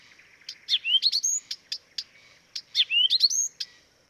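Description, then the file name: Blyth's reed warbler giving a rising slurred whistle among dense clicks and scratchy notes, the same phrase sung twice. Dviete. "dviete acrocephalus dumetorum"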